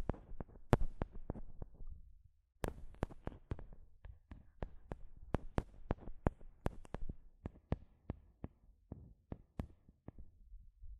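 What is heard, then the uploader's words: Fingers tap and knock on a microphone in sharp, irregular thumps, about two per second, with a short pause near the two-second mark. ASMR Mic Tapping and Scratching (No Talking).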